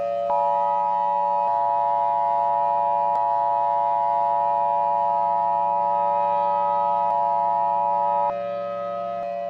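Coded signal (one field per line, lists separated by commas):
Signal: Emergency Alert System (SAME) tones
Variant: 853 and 960 Hz attention tone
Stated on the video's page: Recreated alerts with valid EAS tones, remaking real alerts from a tornado outbreak.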